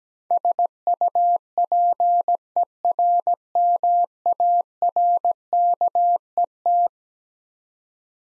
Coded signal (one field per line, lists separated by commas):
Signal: Morse code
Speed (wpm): 17 wpm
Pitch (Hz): 700 Hz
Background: none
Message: SUPERMARKET